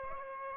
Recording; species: mosquito wingbeat signal from an infrared sensor; Aedes aegypti